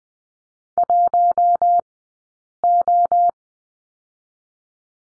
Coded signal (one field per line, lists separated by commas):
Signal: Morse code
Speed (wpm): 20 wpm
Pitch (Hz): 700 Hz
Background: none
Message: 1 O